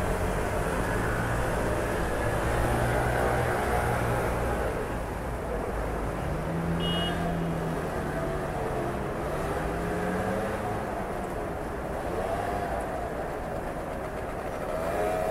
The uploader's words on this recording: CITY AMBIENCE AT NIGHT. The sounds of the city at night, with an emphasis on ambient noise.